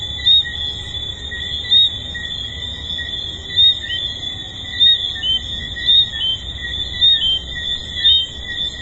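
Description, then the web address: Tree frogs chorusing, a constant high ringing background with clearer whistled chirps breaking out at uneven intervals. At a resort. "Hedonism II tree frogs"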